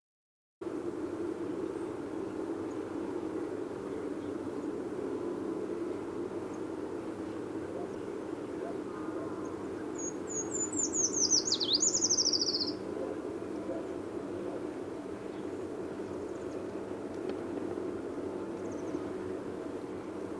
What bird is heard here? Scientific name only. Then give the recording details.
Certhia familiaris. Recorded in the wild. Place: Blumenholz, Insel Rügen, Mecklenburg-Vorpommern, DE. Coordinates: 53.455, 13.186. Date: 1980-03-08. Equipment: Nagra III BH, Sennheiser MD 21, parabola. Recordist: Schubert, Michael